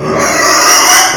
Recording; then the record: squeal of a Yucatan mini pig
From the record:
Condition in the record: before surgery on the right vocal fold (resection and tissue-engineered implant); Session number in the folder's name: 2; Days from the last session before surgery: 0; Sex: male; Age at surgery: 12 weeks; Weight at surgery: 13 kg